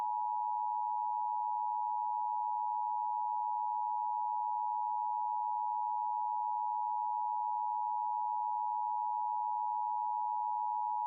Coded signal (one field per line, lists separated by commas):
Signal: Emergency Alert System (SAME) tones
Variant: 853 and 960 Hz attention tone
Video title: EAS Scenario: The return of Elvis Aaron Presley